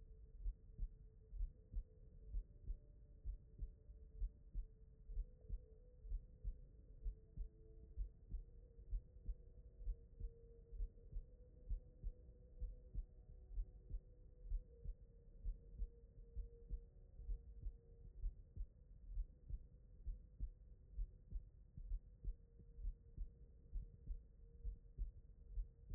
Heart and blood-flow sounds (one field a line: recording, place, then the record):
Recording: heart sounds by stethoscope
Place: tricuspid valve (TV)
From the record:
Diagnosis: non-HFrEF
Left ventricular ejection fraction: 59%